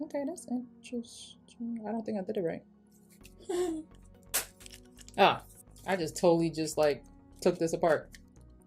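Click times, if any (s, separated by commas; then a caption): none. Someone talks while handling an empty plastic cushion foundation compact that has been taken apart, working its inner shell insert back into the case, with faint background music and a few light handling taps. Nothing has seated or clicked into place yet.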